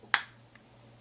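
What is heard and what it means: The magnetic hinged lid of a Xiaomi Buds 3 Pro wireless earbud charging case snaps shut with a sharp, bright clack at 0.1 s, its magnet stronger and its clack louder than on another case. A faint, softer tick follows at 0.6 s. The lid is seated closed.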